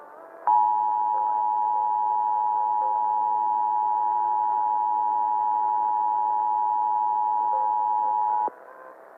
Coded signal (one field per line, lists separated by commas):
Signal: Emergency Alert System (SAME) tones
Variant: 853 and 960 Hz attention tone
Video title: Iowa Required Monthly Tests (EAS #889-902)